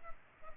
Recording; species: mosquito wingbeat signal from an infrared sensor; Culex pipiens